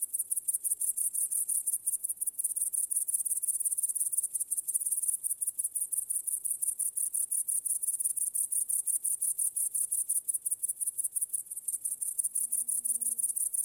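Crickets chirping in a steady, rapid stream of very high, shrill pulses throughout, with a soft low tone briefly near the end.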